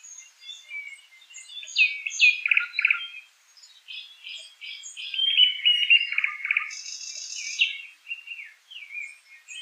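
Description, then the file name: Nightingale singing a varied run of whistled notes, buzzy sounds and rapid repeated notes, changing phrase after phrase with short pauses. "solovei"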